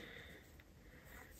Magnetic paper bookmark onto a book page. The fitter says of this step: le glisse. Vous voyez, vous avez entendu le clac.